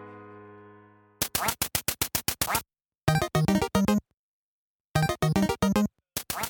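A sustained tone fades out, then a rapid string of loud, raspy duck quacks follows in clustered bursts with short pauses between, several overlapping in a noisy chorus.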